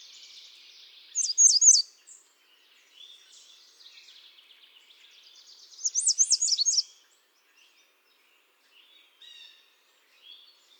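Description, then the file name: American redstart delivering two high, rapid song phrases several seconds apart, each a quick string of sharp notes. "Setophaga ruticilla"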